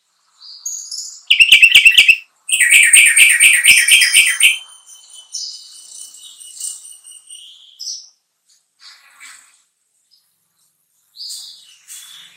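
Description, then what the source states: Sooty-headed bulbul song with two fast stuttering bursts of clipped repeated notes, followed by softer scattered high chirps and short pauses. Song style called trucukan.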